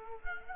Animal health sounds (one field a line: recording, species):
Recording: mosquito wingbeat signal from an infrared sensor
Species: Culex quinquefasciatus